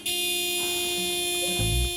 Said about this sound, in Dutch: Ja, Eva kruipt dan dus achter het stuur en drukt op de klakson zo van opschieten, ik wil naar huis.